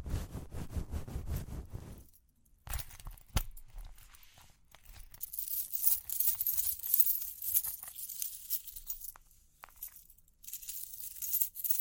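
Ear cleaning begins with rapid low tapping and rubbing for two seconds, then sharp knocks give way to bright, hissy scratching with faint jingles.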